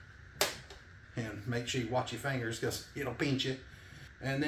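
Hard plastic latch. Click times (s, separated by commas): 0.4 s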